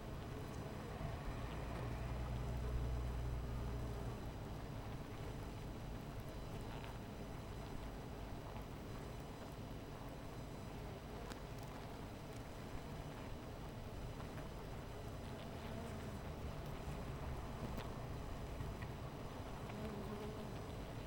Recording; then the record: honeybee colony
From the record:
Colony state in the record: missing queen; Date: 14 July 2017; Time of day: 17:40